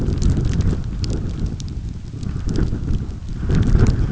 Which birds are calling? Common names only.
none